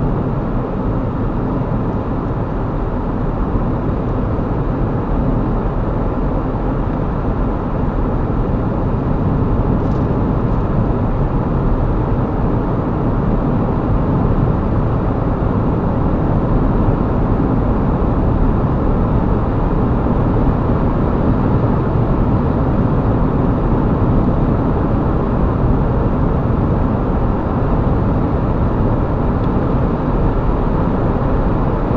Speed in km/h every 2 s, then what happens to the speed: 55, 55, 56, 58, 63, 64, 66, 68, 69, 71, 69, 71, 69, 69, 71, 71.
0-17 speeds up to 71. 17-32 steady at about 71.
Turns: none.